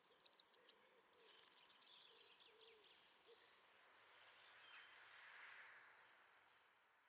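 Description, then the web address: Bird calls: a loud burst of four high, falling chirps, then several softer similar bursts with a few scattered fainter notes and a brief rustling hiss. "cianscape birddata Deverinetal 2025 Bird Only"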